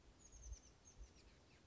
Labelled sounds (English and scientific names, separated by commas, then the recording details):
Oak Titmouse (Baeolophus inornatus)
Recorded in Sonoma County, California